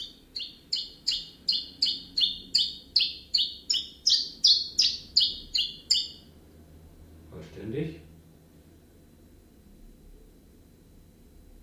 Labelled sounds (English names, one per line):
Common Chiffchaff